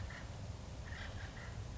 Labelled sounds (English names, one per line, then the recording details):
Acorn Woodpecker
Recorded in Sonoma County, California